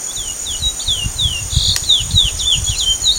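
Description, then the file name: Chestnut-bellied seed finch song: a quick string of sweet whistled notes, each slurring downward, over a steady high hiss and low rumbling background. Recorded in Sertão, Mongaguá, São Paulo, Brazil, on 5 February 2015. "Sporophila-angolensis-Sertao Mongagua SP-5-2-15-ASilveira"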